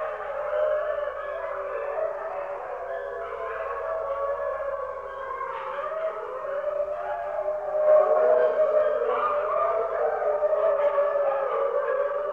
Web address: wolves pack of wolves howling large pack animal wolf